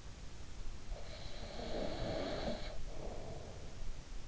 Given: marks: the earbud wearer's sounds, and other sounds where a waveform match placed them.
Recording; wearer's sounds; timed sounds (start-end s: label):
sounds in sleep by an in-ear microphone; breath
0.52-4.12 s: breath